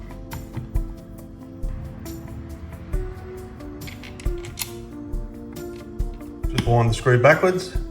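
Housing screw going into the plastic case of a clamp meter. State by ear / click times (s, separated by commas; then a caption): not seated / none. A housing screw is turned backwards on the plastic case of a clamp meter, searching for the start of the thread so it isn't stripped by winding in at the wrong point under pressure. Someone talks over background music while a few faint handling ticks are heard. The screw has not yet clicked into the thread and nothing has seated.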